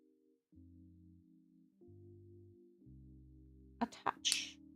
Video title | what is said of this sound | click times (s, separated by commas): [Plamo] Motor Nuclear MNP-CR01 Huan Ci pt1 | Oh, that was a satisfying but scary click sound. | 4.1 s, 4.3 s